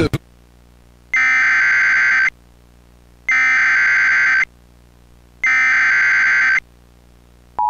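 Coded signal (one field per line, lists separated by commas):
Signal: Emergency Alert System (SAME) tones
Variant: header bursts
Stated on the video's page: Mockup of a television station's Severe Thunderstorm Warning EAS alert.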